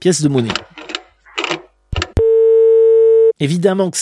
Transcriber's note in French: Bruit d'un combiné qu'on décroche, et tonalité de disponibilité